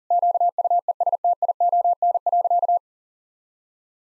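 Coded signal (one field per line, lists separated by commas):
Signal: Morse code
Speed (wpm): 37 wpm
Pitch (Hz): 700 Hz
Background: none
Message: QUESTION.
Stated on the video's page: Morse practice at 40 wpm: sentences of common five-word phrases, with the first words spoken, each sentence sent, spoken, then sent again.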